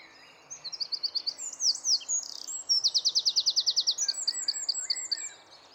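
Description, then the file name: Eurasian wren song: a rapid burst of very high, sharp notes with two fast rattling trills, the second long and evenly pulsed, ending in brisk warbled phrases. "Troglodytes troglodytes"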